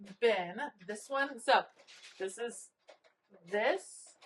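A shallow plastic storage bin is handled at its slot on a metal rolling craft cart while someone talks. Nothing has seated or clicked yet.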